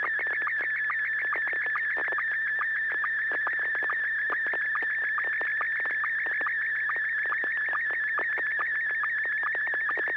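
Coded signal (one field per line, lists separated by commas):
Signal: SSTV (slow-scan television)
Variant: Scottie 1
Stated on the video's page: SSTV images exchanged in a weekly amateur net on an FM repeater at 441.300 MHz, sent with MMSSTV software.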